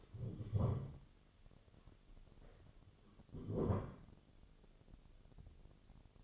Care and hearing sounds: daily activity, microphone in the room; stand up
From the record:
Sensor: 4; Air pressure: 1016.1 hPa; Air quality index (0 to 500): 179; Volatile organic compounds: 8 ppm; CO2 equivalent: 2042 ppm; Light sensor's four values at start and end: 9/20/8/7 and 9/20/8/7

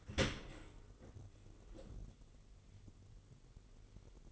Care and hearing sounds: daily activity, microphone in the room; open dishwasher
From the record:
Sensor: 4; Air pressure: 999.0 hPa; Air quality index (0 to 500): 125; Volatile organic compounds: 2 ppm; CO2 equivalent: 1228 ppm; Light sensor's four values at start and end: 7/17/7/7 and 7/16/6/7

